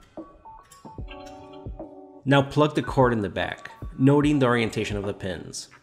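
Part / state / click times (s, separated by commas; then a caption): cord plug with spring-loaded locking ring into the rotary jig's rear socket / not seated / none. The power cord plug of a Mimaki KEBAB MkII L rotary jig, fitted with a spring-loaded locking ring, is pushed into the socket on the back of the printer attachment with its pins oriented. Someone talks over background music while a few short, sharp hits sound early on. Nothing has seated or clicked yet.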